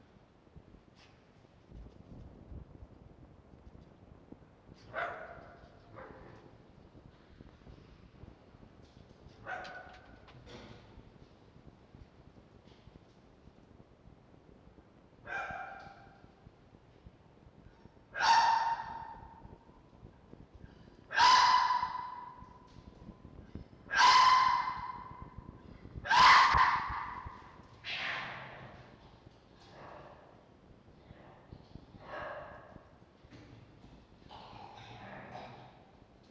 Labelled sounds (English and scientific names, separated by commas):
Red Fox (Vulpes vulpes)